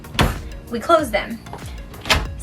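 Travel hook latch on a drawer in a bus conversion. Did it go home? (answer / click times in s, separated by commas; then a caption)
yes / 0.2 s. A kitchen drawer in a converted bus is pushed shut, and its small travel hook latch catches with a sharp knock at 0.2 s while someone talks. Another knock follows at about 2.1 s. The hook latch locks the drawer in place on closing.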